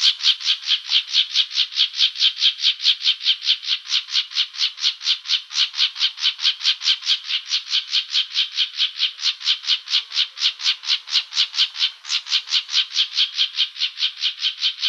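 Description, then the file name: Plumbeous Vireo calls: a long, steady series of harsh, buzzy chattering notes, continuing without a break throughout. Calls recorded in Arizona. "PLVI CALLS deviche"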